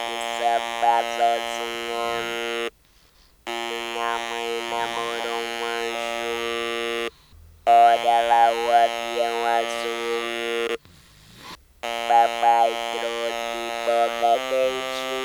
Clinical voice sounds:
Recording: speech with an electrolarynx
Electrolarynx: conventional device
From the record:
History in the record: total laryngectomy

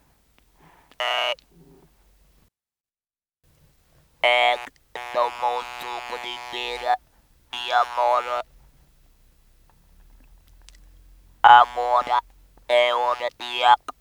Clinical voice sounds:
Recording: speech with an electrolarynx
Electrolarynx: conventional device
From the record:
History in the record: total laryngectomy

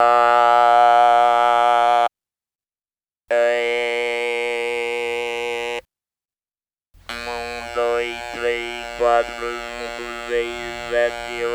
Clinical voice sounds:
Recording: speech with an electrolarynx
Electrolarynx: conventional device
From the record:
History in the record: total laryngectomy

